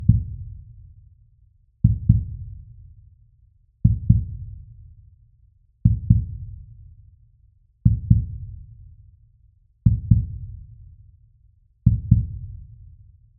Medical Heartbeat Steady.